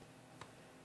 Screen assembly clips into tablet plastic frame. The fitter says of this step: You'll hear a series of satisfying clicks as you press the screen back into the frame